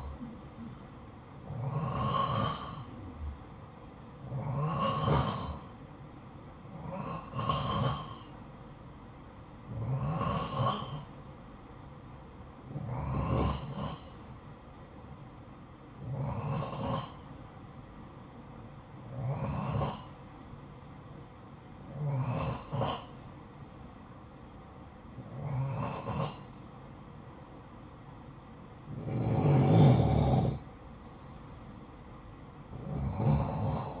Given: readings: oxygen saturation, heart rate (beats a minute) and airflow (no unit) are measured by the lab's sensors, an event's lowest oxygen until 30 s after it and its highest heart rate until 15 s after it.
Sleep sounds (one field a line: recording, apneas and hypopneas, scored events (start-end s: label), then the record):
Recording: breathing in sleep by a smartphone at the bedside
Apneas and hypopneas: none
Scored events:
none scored
From the record:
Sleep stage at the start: N2 (light sleep)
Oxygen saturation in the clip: 89 to 92%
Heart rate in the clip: 52 to 57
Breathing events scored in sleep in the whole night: 573 in 9.8 hours asleep